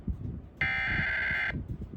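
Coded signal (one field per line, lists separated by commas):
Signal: Emergency Alert System (SAME) tones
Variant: header bursts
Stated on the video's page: Flash flood warning received on NOAA Weather Radio station WXJ34 and on FM radio at 1 AM.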